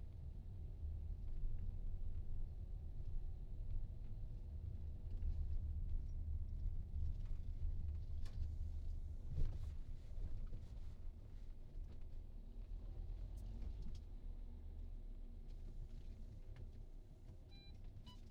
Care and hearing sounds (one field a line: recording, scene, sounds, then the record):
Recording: everyday scene through a hearing-aid microphone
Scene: in a vehicle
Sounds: engine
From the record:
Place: VW T5 Caravelle, diesel engine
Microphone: in the ear canal, right